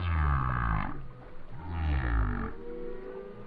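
Whale moans, deep and harmonic, two long low calls that bend downward, followed by a fainter rising tone.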